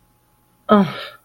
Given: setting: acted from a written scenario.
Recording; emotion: vocal sound without words; contempt